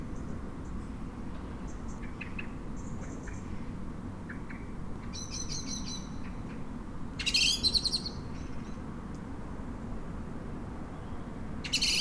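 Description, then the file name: Common blackbird with scattered thin high notes, then a louder chattering burst near the middle and another at the end, against constant low rumbling background noise. "Turdus merula"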